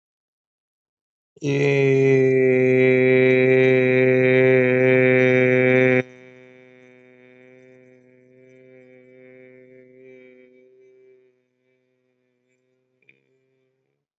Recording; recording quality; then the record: sustained vowel as in made; excellent, no background noise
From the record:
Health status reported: exposed to COVID-19, no respiratory illness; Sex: male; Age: 26 years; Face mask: not worn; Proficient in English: yes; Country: India